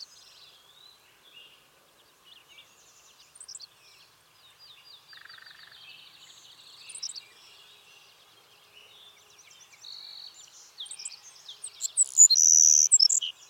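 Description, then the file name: Savannah sparrow: a high, sizzling buzzy song near the end, after softer chips, trills and chirps for most. "Passerculus sandwichensis - Savannah Sparrow"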